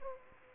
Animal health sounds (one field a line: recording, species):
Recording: mosquito wingbeat signal from an infrared sensor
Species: Aedes aegypti